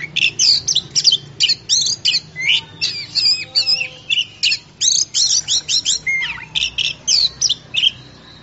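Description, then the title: Oriental magpie-robin song, a fast varied medley of piercing whistles, harsh chattering notes and slurred phrases, steady and energetic throughout. Champion singing bird. "Kicau Burung Kacer Juara"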